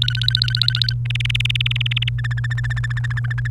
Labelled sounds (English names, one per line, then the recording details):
Domestic Canary song
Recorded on 28 April 2018 at 17:28
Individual llb3